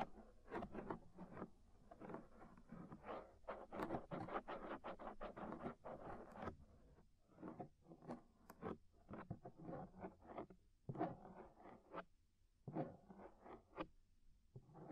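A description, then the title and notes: Ear scraping, inner and outer, heard as rapid scratchy rubbing strokes that come in dense bursts. A busy stretch fills the first six seconds, then the strokes turn sparser and choppier, with short quiet gaps near seven, eleven and twelve seconds over a faint low rumble. Inner and Outer Ear Scraping (No Talking).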